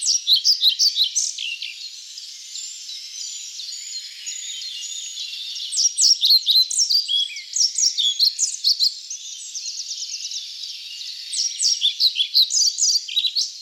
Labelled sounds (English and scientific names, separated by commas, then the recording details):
European Pied Flycatcher (Ficedula hypoleuca) song
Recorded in the wild
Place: Waltershofen / Freiburg im Breisgau, Baden-Württemberg, DE
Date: 2008-04-26
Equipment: MiniDisc Sharp MT 20 H
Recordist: Schwarz, Dieter